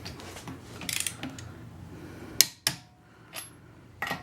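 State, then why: Torque reached. A click-type torque wrench tightens a lug nut on a car wheel until it clicks at its setting, with sharp clicks at 2.4 s and 2.7 s. Softer ratcheting ticks come before them around 0.9–1.1 s, and another metallic tick follows near 4.0 s. No one talks.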